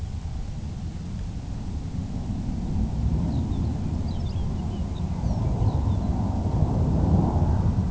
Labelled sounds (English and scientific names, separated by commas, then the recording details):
Lapland Longspur (Calcarius lapponicus)
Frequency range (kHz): Lapland Longspur (Calcarius lapponicus) 1.8-6.5 kHz
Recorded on Arctic tundra, site UTQI-2, on 14 June 2019
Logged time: 18:00